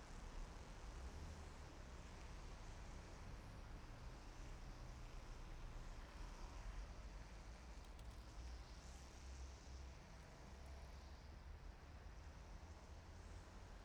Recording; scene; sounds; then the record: everyday scene through a hearing-aid microphone; in traffic; traffic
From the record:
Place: main city hub, rush hour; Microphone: behind the ear, left, front